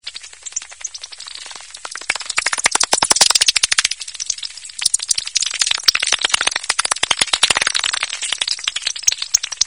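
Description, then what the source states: Bat echolocation heard as irregular clicking that speeds into dense, rattling bursts like a fast typewriter, swelling strongly around the third and seventh seconds. Bat detector.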